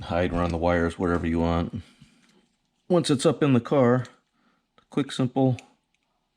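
Someone talks while handling a Sprint Booster throttle booster controller for a Lamborghini Gallardo, getting it ready to be pressed into its plastic mount. Only speech is heard, with a faint tick near the end. Nothing has seated or clicked yet; the controller is not yet home in its holder.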